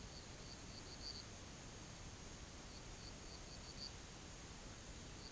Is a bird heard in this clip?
no